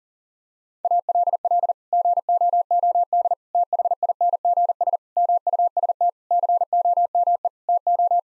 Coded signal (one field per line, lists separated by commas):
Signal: Morse code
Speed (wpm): 37 wpm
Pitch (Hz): 700 Hz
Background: none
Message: ALL GOOD THINGS MUST COME TO